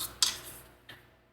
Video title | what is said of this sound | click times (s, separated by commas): Ecto 1 Stage 113 | there, that's in place. | 0.2 s